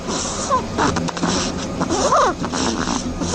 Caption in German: Dormice übersetzt Schlafmäuse. Und dazu, zu den Schlafmäusen, gehören auch die Haselmäuse. Die schnarchen auch. Eine schnarchende Haselmaus.